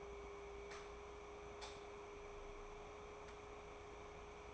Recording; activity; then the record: daily activity, microphone in the room; light on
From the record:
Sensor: 1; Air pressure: 1010.3 hPa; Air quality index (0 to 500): 171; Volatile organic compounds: 12 ppm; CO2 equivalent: 2356 ppm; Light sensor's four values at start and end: 54/140/58/73 and 57/151/62/77